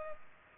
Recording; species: mosquito wingbeat signal from an infrared sensor; Culex pipiens